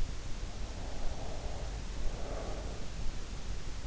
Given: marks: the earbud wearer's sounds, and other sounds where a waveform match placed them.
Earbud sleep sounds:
sounds in sleep by an in-ear microphone; breath
1.16-3.25 s: breath

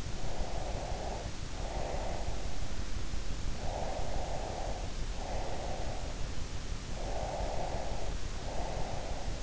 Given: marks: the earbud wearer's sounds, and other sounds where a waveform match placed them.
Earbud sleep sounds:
sounds in sleep by an in-ear microphone; breath
0.19-2.55 s: breath
3.65-6.18 s: breath
6.92-9.43 s: breath

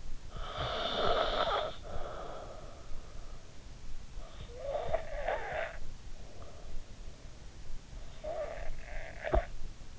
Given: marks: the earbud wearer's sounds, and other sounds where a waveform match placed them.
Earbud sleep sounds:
sounds in sleep by an in-ear microphone; snoring breath
0.00-3.01 s: snoring breath
4.31-6.75 s: snoring breath
7.89-9.97 s: snoring breath

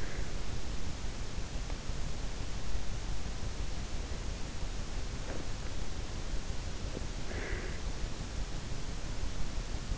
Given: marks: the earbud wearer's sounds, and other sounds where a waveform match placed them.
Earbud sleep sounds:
sounds in sleep by an in-ear microphone; breath
0.00-0.45 s: breath
7.16-7.99 s: breath

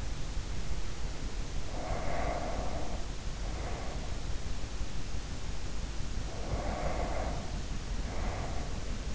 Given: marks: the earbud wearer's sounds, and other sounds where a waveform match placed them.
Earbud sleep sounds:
sounds in sleep by an in-ear microphone; breath
0.89-4.32 s: sound from someone else or the room
1.49-4.33 s: breath
6.19-9.15 s: breath

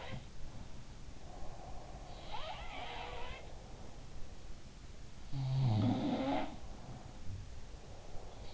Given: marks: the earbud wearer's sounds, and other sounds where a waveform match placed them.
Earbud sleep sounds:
sounds in sleep by an in-ear microphone; breath
0.00-0.90 s: sound from someone else or the room
1.16-2.52 s: breath
2.23-4.15 s: sound from someone else or the room
5.25-8.53 s: sound from someone else or the room
6.90-8.53 s: breath

